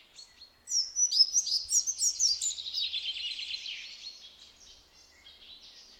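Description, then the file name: Semi-collared flycatcher song: a bright phrase of high squeaky notes flowing into a fast, slightly falling buzzy trill that fades away, then a few faint notes. "Balkanlugsnappare"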